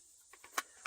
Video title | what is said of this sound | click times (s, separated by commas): OtterBox and Screen Protector for Samsung S24 Ultra, Waterproof Case, and Portable Charger | Okay. So this whole thing, it clicks into place. | 0.6 s, 0.9 s